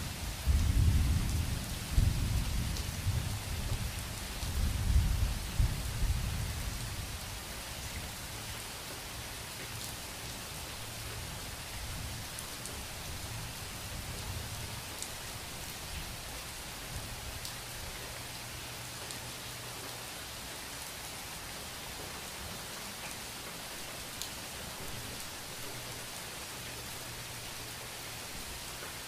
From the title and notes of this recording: Heavy Rain Thunderstorm. Rain falling from the sky and the gentle sound of thunder. The sound of heavy rainfall and rolling thunder.